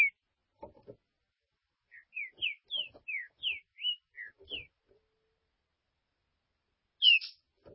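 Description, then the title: Green-winged saltator song: a run of short, slurred whistled notes, each rising or falling, followed by a louder double note after a pause; faint low knocks in between. "Trinca Ferro"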